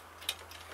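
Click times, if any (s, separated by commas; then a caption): 0.3 s. The folding metal arm bar of a homemade exoskeleton is flipped over the forearm and latches onto the arm brace with a single sharp, bright click at 0.3 s over a steady low hum. The bar is now locked in place on the arm.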